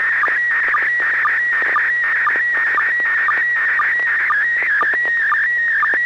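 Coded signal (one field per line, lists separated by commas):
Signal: SSTV (slow-scan television)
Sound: warbling tone sliding around 1.5-2.3 kHz, interrupted by regular short lower sync blips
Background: low mains hum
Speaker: have a good copy here we'll let Bob comment first n6 tgq okay well we have uh what looks like three apples on the top and an apple and a half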